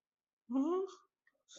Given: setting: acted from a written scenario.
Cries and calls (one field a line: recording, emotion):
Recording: vocal sound without words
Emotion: negative surprise